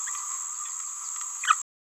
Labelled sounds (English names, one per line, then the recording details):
Green-rumped Parrotlet babbling
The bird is a male
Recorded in a nest box in Venezuela
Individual 17B31A2